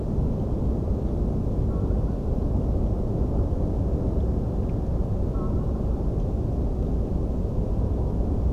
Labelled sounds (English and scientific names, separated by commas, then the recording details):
Greylag Goose (Anser anser)
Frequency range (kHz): Greylag Goose (Anser anser) 1.0-1.6 kHz
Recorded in France